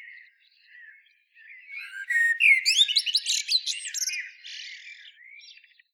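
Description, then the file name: Common blackbird: soft low warbles, then a loud rich phrase of looping whistles and squeaky chatter that fades into quieter twittering. "Turdus merula"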